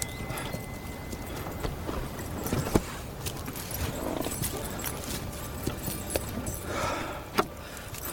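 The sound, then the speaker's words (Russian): A horse gallops toward a monastery with a steady, rapid clatter of hooves throughout, accompanied by faint metallic jingling and a few sharper knocks; no one speaks. “скачет на лодке к монастырю.”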